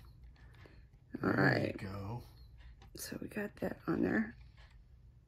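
The thin metal second hand of a quartz clock movement is handled near the centre spindle of an epoxy-resin clock, ready to be pressed on. Someone talks while faint small handling sounds are heard. Nothing has seated or clicked yet.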